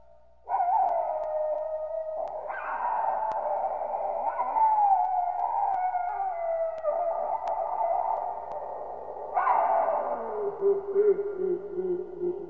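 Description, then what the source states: Wolf howls, long sustained tonal wails that step up and down in pitch, overlapping with echoing repeats and ending on a lower falling note. Sound effect with an added echo.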